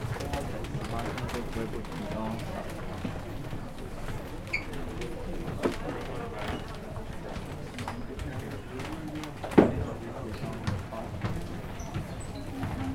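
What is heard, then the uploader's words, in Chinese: On a bookstore's second floor, a steady murmur of voices fills the room, with sharp knocks near six and ten seconds and faint cooing. 誠品書店敦南分店。跟大家分享當天我在書店二樓記錄到的聲音。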